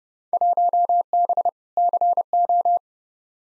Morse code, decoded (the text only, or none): 1B CO